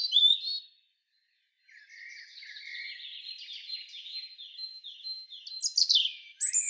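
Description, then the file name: European robin song: a bright high phrase, a brief silence, then a long, thin, wavering warble of sliding notes ending in sharp high flourishes. "Erithacus rubecula"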